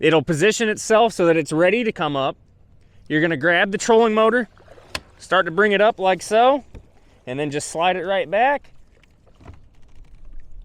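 Someone talks while a Garmin Force Kraken trolling motor, released with its lever, is lifted and slid back along its bow mount toward the stow latch. A few faint handling knocks come near the end of the clip. Nothing has seated or clicked into the stowed position yet.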